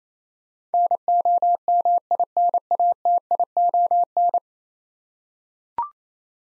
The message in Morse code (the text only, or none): NOMINATION